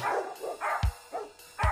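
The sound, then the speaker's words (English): A dog barks four times in a steady rhythm, each bark a short mid-pitched yelp, with deep thumping beats landing between some of them. “Dog solo is fucking the shit, man.”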